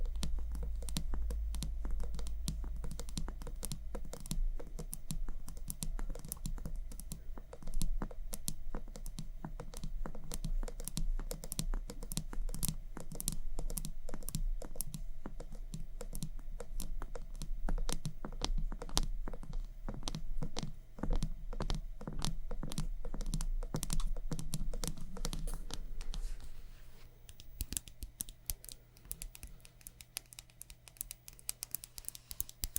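Quick, dense tapping and scratching on makeup items runs almost without pause, crisp clicks landing many times a second like keyboard typing. A low hum sits underneath for the first twenty-six seconds, then drops away, leaving sparser, softer taps to the end.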